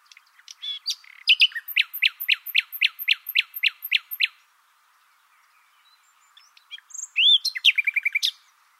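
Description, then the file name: Common nightingale singing varied chirps and a steady series of sharp repeated strokes, a short silence, then a clear whistle and a fast rattling trill. "Luscinia megarhynchos"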